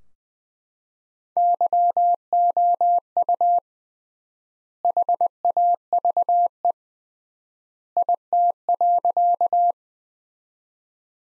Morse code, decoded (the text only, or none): YOU HAVE IT.